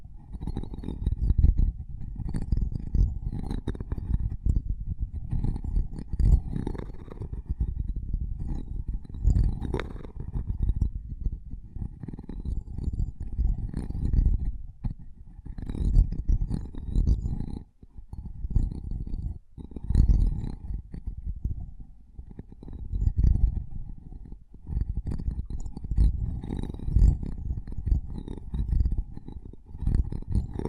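Microphone tapping and scratching runs almost without pause, a dense, low, thumping rumble with rough scraping on top. The strokes come in quick uneven bursts, with brief near-silent gaps around 15, 19 and 24 seconds before the busy rubbing resumes.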